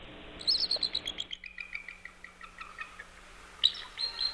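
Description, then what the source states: Bald Eagle chirping call: a quick run of thin, high chirps that steps downward and fades into weaker trilled notes, with a brief bright chirp burst near the end. Played example; a weak trilling or chirping vocalization, often unexpected to listeners.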